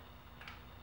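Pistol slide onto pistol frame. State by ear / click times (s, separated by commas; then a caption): seated / 0.4 s, 0.5 s. The slide of an Ignite Blackops Airsoft 1911 pistol is slid back onto the frame rails during reassembly, over a low steady background hum. Two short clicks come at 0.4 s and 0.5 s, the second sharper and brighter. The slide is seated home on the frame.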